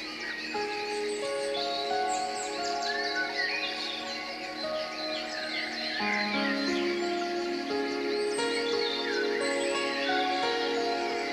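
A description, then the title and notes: Birds chirp and twitter steadily throughout, their quick bright calls overlapping densely above a constant wash. Long sustained tones ring underneath the whole time, shifting to new pitches around six and eight seconds like slowly changing bell or chime notes. Nature, birds, waves, bells and soundscapes.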